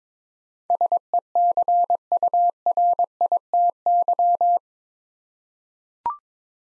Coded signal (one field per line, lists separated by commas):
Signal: Morse code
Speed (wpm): 22 wpm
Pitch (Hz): 700 Hz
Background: none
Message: SECURITY